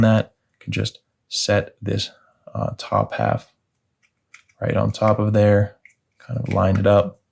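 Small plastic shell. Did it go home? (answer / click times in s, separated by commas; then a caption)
no / none. Someone talks while setting the top half of a plastic Volkswagen Jetta (1999–2001) key fob shell onto the bottom half and lining it up after a new coin battery has been fitted. A few faint, brief ticks come in a pause around 4.0 to 4.5 seconds. Nothing has seated or clicked yet.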